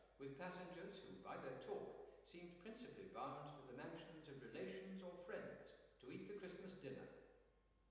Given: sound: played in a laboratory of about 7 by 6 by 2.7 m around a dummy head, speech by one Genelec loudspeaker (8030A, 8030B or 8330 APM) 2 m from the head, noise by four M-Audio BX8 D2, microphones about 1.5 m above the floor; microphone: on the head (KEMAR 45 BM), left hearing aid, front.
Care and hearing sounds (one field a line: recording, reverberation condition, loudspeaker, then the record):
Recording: male speech in English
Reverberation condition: high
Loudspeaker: 120 degrees to the left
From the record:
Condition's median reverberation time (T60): about 1300 ms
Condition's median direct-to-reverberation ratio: about -4.0 dB